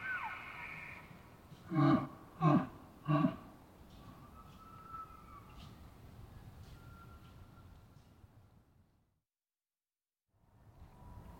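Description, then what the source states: Elk, a high whistled note followed by three loud, low grunting pulses in quick succession, with faint whistled tones afterwards and a short silence near the end. Several herds surrounding a campsite in the early morning, Pacific Northwest, Washington, United States; mid-side recording, isolated from a soundscape with light noise expansion.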